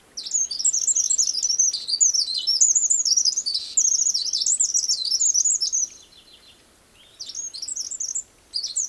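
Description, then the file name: Eurasian wren singing, a vigorous stream of high, rapid twitters and trills for nearly six seconds, a short pause, then fresh bursts resume. "Troglodytes troglodytes"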